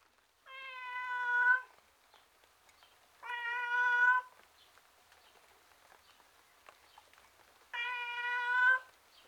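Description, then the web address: Domestic cat giving three drawn-out harmonic meows, each about a second long, with quiet pauses between them. Male tom cat, outdoors, sounding miserable. "The BBC Sound Effects Library - Complete 60 CDs Collection. Miserable Tom Cat Outside"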